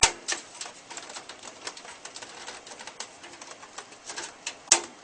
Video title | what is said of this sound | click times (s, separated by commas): How to assemble your computer. | just pops into place like that. | 4.7 s